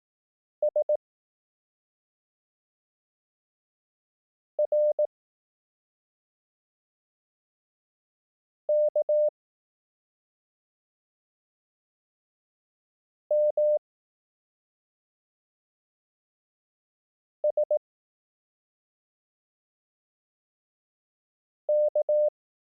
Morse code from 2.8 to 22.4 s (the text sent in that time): R K M S K